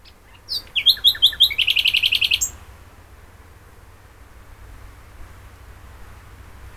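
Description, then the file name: Common nightingale song: a rising whistle, a quick series of repeated notes shifting to a faster trill, then quiet. "Luscinia megarhynchos"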